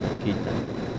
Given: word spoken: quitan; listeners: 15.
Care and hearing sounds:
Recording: one Spanish word in noise, from a listening test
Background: noise modulated by three-talker babble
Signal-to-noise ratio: -3.0 dB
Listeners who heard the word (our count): 0 of 15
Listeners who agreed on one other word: 6 of 15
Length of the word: 0.59 s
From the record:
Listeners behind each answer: 6, 5, 1, 1, 1, 1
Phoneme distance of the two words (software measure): 7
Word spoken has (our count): 2 syllables, 5 phonemes, stress on syllable 1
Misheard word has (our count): 2 syllables, 4 phonemes, stress on syllable 1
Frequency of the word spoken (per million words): 4.38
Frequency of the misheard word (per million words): 17.72

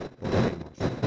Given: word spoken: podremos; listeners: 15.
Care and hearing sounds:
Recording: one Spanish word in noise, from a listening test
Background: noise modulated by one talker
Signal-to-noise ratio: -10.9 dB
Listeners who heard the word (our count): 0 of 15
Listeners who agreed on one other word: 11 of 15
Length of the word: 0.67 s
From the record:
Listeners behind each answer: 11, 2, 1, 1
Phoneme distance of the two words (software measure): 7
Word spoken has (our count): 3 syllables, 8 phonemes, stress on syllable 2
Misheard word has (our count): 3 syllables, 7 phonemes, stress on syllable 2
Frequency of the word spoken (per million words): 14.17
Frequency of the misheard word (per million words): 143.93

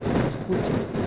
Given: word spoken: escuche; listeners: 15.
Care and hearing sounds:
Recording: one Spanish word in noise, from a listening test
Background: noise modulated by three-talker babble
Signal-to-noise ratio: -5.8 dB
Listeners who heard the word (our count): 2 of 15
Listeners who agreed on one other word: 12 of 15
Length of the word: 0.67 s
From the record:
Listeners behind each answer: 12, 2, 1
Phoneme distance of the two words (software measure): 10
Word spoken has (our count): 3 syllables, 6 phonemes, stress on syllable 2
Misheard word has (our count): 3 syllables, 6 phonemes, stress on syllable 2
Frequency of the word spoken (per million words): 3.71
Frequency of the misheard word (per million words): 25.95

